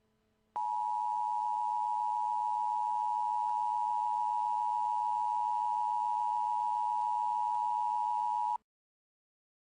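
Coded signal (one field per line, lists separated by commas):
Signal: Emergency Alert System (SAME) tones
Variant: 853 and 960 Hz attention tone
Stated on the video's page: Fictional EAS scenario alert about flying butts, a made-up creation.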